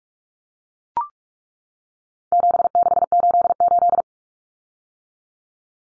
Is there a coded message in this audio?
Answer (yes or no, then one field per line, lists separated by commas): yes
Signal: Morse code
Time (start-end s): 2.3-4.0 s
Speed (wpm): 44 wpm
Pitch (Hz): 700 Hz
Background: none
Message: 7688